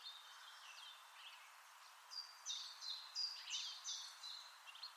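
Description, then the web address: Bird calls: faint high notes at first, then a run of louder short, high chirping notes from about two seconds on, some sliding downward, over steady background noise. "cianscape birddata Deverinetal 2025"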